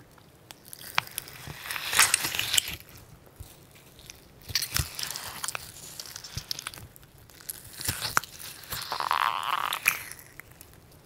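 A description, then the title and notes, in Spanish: Sponge slime is squeezed and pressed, giving wet crackling, squishing and soft tearing sounds in bursts around 2, 4.5, 8 and 9.5 seconds. Between bursts come quieter sticky pops and clicks. Sponge rainbow Slime. Sonidos de slime de esponjas.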